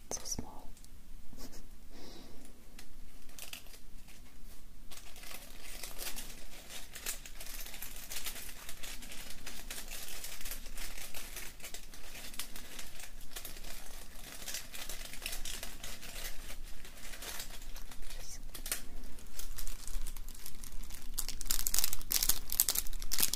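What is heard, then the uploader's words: Festive decorations crinkle and rustle steadily, with dense bright crackling and a sharper, louder burst near the end. ASMR: Festive Decoration Sounds - Tapping, Crinkling.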